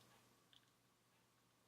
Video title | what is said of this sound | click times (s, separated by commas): GBA Everdrive Review (Let's Talk Retro) | the micro SD card slot with the satisfying click as I've been on about earlier on | 0.6 s